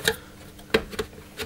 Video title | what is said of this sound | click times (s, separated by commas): How To Change A Nilfisk Power Vacuum Cleaner Motor | but there it is I've just got it to actually click into place so now | 0.7 s